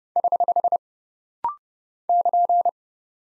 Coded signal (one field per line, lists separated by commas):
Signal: Morse code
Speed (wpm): 28 wpm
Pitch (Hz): 700 Hz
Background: none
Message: <HH> <KN>